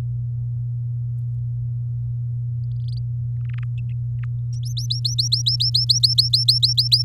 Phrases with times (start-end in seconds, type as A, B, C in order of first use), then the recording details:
4.53-7.03 A. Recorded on 7 May 2018 at 19:25. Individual llb16